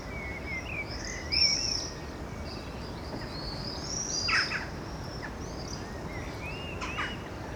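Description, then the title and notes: Birds calling: rising whistled chirps and high sweeping notes, plus a couple of short scratchy bursts, over a steady background hum. Recorded along Chemin sous les Fenêtres, Aurifat, Cordes-sur-Ciel, Albi, Tarn, Occitanie, France; birdsong with road noise; Zoom H6 recorder, FetHead, BasicUcho microphone. "Chemin sous les Fenêtres, Aurifat, Cordes-sur-Ciel, Albi, Tarn, Occitanie, France métropolitaine, 81170, France - quiet time with the birds. birdsong , noise from the road"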